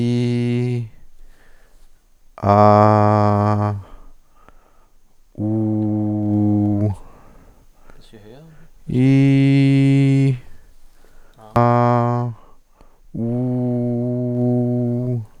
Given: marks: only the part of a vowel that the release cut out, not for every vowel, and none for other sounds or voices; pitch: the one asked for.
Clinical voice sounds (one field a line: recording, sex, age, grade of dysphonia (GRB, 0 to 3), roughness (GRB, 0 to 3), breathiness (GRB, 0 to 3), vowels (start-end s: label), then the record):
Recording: sustained vowels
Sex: male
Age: 50 to 59 years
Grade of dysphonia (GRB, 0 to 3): 1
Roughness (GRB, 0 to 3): 1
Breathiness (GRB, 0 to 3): 0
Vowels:
0.00-0.69 s: vowel /i/, normal pitch
2.84-3.53 s: vowel /a/, normal pitch
5.48-6.76 s: vowel /u/, normal pitch
9.04-10.22 s: vowel /i/, high pitch
11.63-12.19 s: vowel /a/, high pitch
13.26-15.06 s: vowel /u/, high pitch
From the record:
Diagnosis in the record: cordectomy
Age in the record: 52 years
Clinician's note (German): Zustand nach partieller Chordektomie